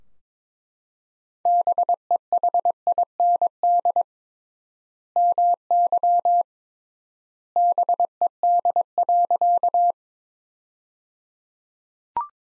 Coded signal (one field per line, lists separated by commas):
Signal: Morse code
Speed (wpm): 22 wpm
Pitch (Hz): 700 Hz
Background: none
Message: BEHIND MY BED.